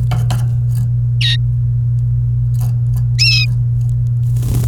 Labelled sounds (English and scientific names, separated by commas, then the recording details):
Domestic Canary (Serinus canaria) song
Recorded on 28 April 2018 at 12:39
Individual llb3